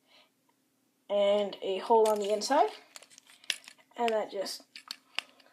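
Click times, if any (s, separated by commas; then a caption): 5.2 s. Someone talks while a plastic peg on a transforming toy robot's lower leg is pressed into a hole on the inside of the leg part, with several small plastic clicks and taps between 3.0 and 3.7 seconds. A sharp click at 5.2 seconds marks the peg snapping into place, seated.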